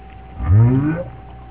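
Whale call: one short, low moan that sweeps gently upward with stacked harmonics, lasting about half a second over a steady low hum.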